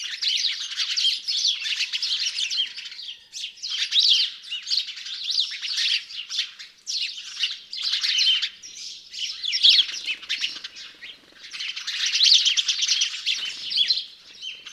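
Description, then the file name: House sparrows giving rapid high chirps in a crowded chatter that swells and eases in waves every few seconds. "Passer domesticus"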